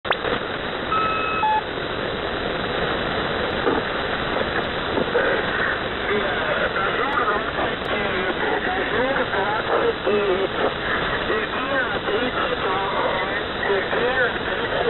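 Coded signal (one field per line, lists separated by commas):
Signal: coded military voice message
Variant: Squeaky Wheel, Russian voice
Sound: noisy shortwave hiss with a voice reading words, brief short tones near start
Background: radio static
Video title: The Squeaky Wheel | 15th August 2023 | "Dlya" Voice Message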